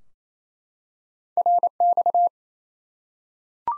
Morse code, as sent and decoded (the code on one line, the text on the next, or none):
.-. -..-
RX